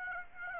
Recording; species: mosquito wingbeat signal from an infrared sensor; Aedes aegypti